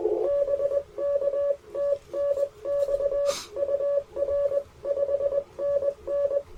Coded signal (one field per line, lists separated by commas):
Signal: Morse code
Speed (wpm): 21 wpm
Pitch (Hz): 590 Hz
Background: radio noise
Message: BK TNX UR 5NN